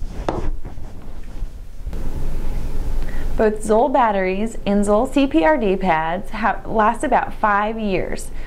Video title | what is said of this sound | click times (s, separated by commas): How to Replace Zoll AED Pads | you'll want to place the back of the lid on the AED first then press the lid down till it pops into place | 0.3 s